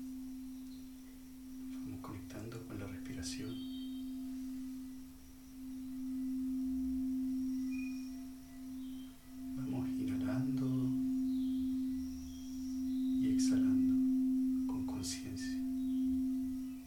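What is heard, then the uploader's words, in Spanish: A singing bowl session: one low, steady bowl tone hums throughout, swelling and fading in slow waves. Voice-like bursts with bright clicks break in around 2–3, 9.5–11 and 13.5–15.5 seconds, and a faint higher ring sits above. Sesion de cuencos.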